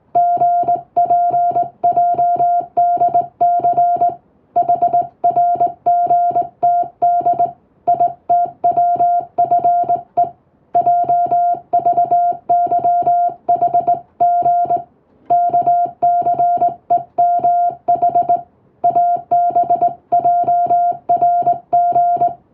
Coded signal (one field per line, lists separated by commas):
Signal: Morse code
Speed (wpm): 20 wpm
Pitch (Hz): 700 Hz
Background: music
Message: GPJDC HRGTD ITWFE JVYHG KCEMH ABJRG